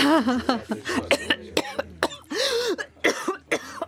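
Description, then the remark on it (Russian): A woman's prolonged, harsh coughing fit: rapid loud hacking bursts in uneven succession, with strained, rasping voiced gasps between them and no talking. “Нестерпимый кашель продолжался минут пять.”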